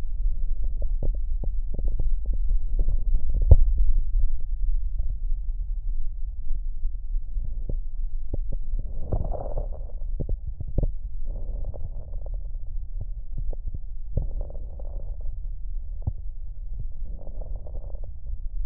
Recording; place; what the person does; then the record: lung sounds by stethoscope; right posterior basal chest; quiet breathing, then deep breathing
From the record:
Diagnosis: interstitial lung disease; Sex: female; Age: 60 years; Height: 154 cm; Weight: 68.1 kg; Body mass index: 28.7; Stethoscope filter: extended mode